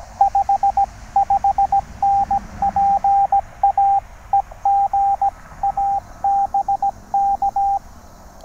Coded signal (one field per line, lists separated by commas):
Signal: Morse code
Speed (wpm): 17 wpm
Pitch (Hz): 800 Hz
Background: radio noise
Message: 55N PA E GA BK